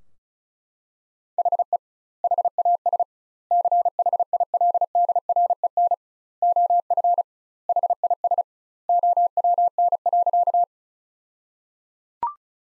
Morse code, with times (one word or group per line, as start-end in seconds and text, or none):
1.4-1.8 HE
2.2-3.0 HAS
3.5-5.9 CHILDREN
6.4-7.2 OF
7.7-8.4 HIS
8.9-10.6 OWN.